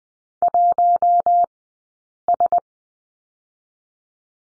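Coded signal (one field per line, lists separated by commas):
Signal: Morse code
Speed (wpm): 20 wpm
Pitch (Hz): 700 Hz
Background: none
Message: 1 S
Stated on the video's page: Morse lesson on the number 1 in two-character groups, Farnsworth spacing 20/10 wpm.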